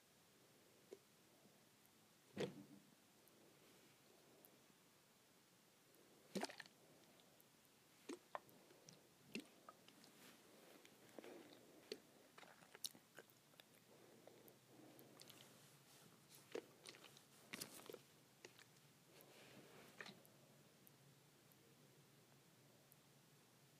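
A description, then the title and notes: A hair spray bottle is handled and shaken in irregular bursts, with sharp clacks near 2, 6, 9 and 17 seconds and softer rattles and rustles between. A faint low hum runs underneath, growing steadier in the second half. ASMR Shaking Hair Spray Bottle.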